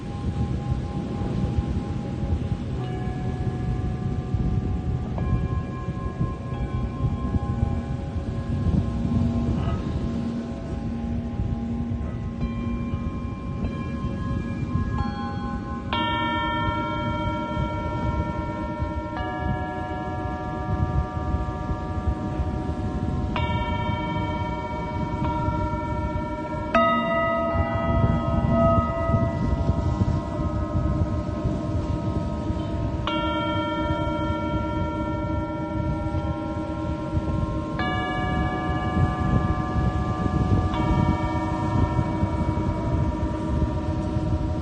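Singing bowls ring in a slow healing session, struck every few seconds around 16, 23, 27, 33 and 38 seconds, each strike blooming into long overlapping tones that hang and fade. A steady low hum and soft rumble sit underneath throughout, keeping the sound full.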